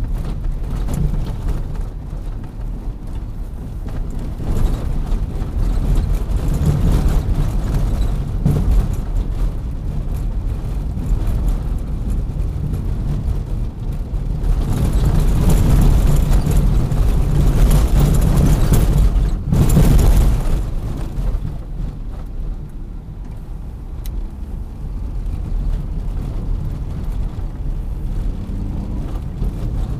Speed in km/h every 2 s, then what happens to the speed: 30, 32, 39, 44, 44, 46, 47, 44, 38, 35, 33, 34, 38, 45, 52.
0-10 speeds up to 46. 13-17 slows to 35. 21-30 speeds up to 52.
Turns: none.